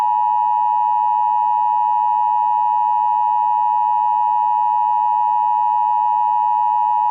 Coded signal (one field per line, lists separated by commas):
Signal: Emergency Alert System (SAME) tones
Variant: 853 and 960 Hz attention tone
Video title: EAS Scenario #1: Silent Phantoms-Part 1